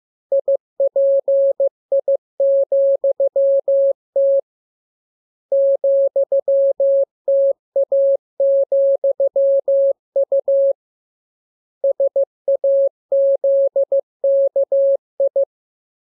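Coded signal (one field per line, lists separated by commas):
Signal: Morse code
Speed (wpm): 15 wpm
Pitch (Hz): 550 Hz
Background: none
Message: IPI,T ,TA,U SAZKI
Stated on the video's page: Morse receiving lesson covering letters and punctuation; radiograms begin with VVV and a section sign and end with AR.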